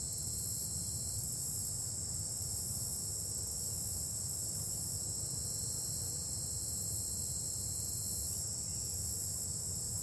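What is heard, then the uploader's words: A forest trail with a dense, steady high insect drone above constant low rumble, unchanging throughout with no distinct events standing out. Nature Forest Trail.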